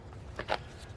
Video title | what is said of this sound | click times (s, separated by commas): How To Replace Your High Beam Headlights 2013-2017 Subaru Crosstrek | put in push it down until it clicks | 0.4 s, 0.5 s